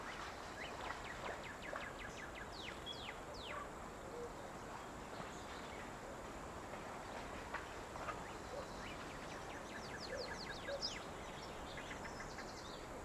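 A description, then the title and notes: Birds call along a trail through Sonoita Canyon at Patagonia Lake State Park, their quick chirps and sweeping whistles scattered across the clip and bunching up near the end. A steady low rumble and hiss runs underneath throughout at an even level. Sonoita Creek. Patagonia Lake State Park on the Birding Trail which winds through Sonoita Canyon.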